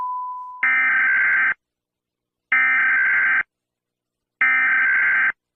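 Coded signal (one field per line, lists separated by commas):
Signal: Emergency Alert System (SAME) tones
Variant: header bursts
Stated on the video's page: Fictional EAS scenario animated with phone apps.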